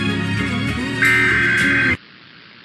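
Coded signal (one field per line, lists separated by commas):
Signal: Emergency Alert System (SAME) tones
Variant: header bursts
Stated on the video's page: Real Required Monthly Tests for Pennsylvania, Indiana and Kentucky.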